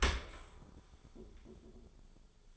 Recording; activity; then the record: daily activity, microphone in the room; open dishwasher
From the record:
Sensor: 5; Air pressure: 1015.1 hPa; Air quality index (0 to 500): 145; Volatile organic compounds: 4 ppm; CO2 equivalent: 1564 ppm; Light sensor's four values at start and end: 38/91/37/39 and 38/90/36/39